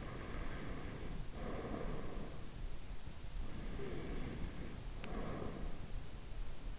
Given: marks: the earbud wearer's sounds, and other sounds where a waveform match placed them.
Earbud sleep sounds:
sounds in sleep by an in-ear microphone; breath
0.00-2.44 s: breath
3.22-6.08 s: breath

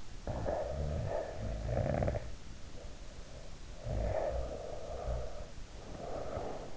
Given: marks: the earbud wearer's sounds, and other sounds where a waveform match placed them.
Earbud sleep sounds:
sounds in sleep by an in-ear microphone; snoring breath
0.00-3.08 s: snoring breath
3.54-6.63 s: snoring breath

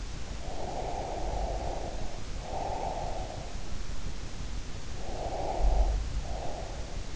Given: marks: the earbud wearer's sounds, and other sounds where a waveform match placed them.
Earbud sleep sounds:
sounds in sleep by an in-ear microphone; breath
0.31-3.66 s: breath
4.96-7.16 s: breath

